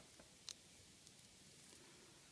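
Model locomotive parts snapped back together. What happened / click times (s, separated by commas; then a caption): The plastic parts snapped back together / 0.5 s. The plastic parts of an N scale Kato or Atlas Norfolk and Western RS11 locomotive are pressed back together by hand, giving a sharp, bright snap at 0.5 s and a fainter tick near 1.1 s against a quiet background. The parts are seated correctly and the fit looks good.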